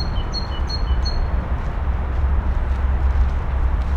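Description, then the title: Birds chirping in short, bright high notes for the first second or so, over a steady deep rumble of traffic. Recorded in the Kruidtuin (Botanique) garden, Koningsstraat 236, Sint-Joost-ten-Node, Brussels, Belgium; recordists hid themselves to listen to the birds. "Kruidtuin, Koningsstraat 236, 1210 Sint-Joost-ten-Node, België - Birds in Botanique"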